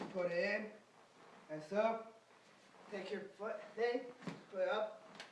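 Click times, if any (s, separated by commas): none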